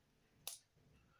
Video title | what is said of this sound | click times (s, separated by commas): V7 personal collection of vintage razors, 7 day Empire set fully restored | and you'll hear it lock into place. | 0.5 s